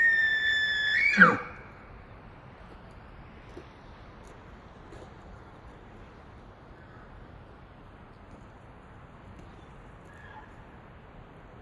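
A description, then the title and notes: An elk bugle opens the recording: a high, whistling call held steady for about a second, then sliding sharply downward into a low grunt. After that, wind fills the rest with a soft, even rumble, broken only by a faint squeal near the ten-second mark. Elk Herd Activity In Windy Background. Elk bugling. Strong mountain winds sweeping down through tall pine stands. Several small break-off herds were moving through and with males calling back-and-forth and females trying to figure out which one to follow.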